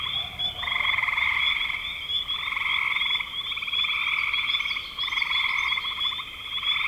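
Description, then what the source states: Frogs giving long rattling trills that overlap into a near-continuous chorus, a high steady whine above them. Recorded in spring 2025.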